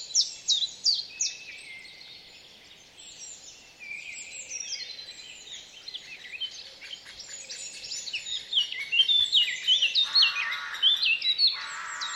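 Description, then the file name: Eurasian blackcap warbling song of quick twittering notes throughout, with buzzy patches near the end. "Sylvia atricapilla"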